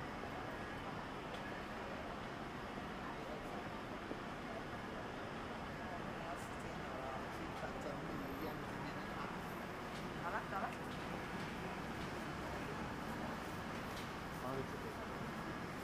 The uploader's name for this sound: Akihabara,daytime